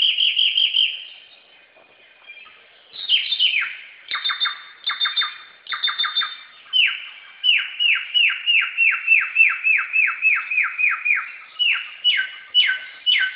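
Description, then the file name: Samyong singing a varied mix of chirped phrases, then a long run of quick downslurred notes, several per second. Recorded in forest. "suara burung samyong di hutan"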